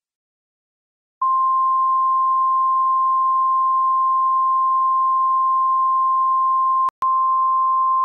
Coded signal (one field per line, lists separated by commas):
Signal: Emergency Alert System (SAME) tones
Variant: 1050 Hz attention tone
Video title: EAS Severe Thunderstorm Warning (Morgan, OH and Washington, OH Counties)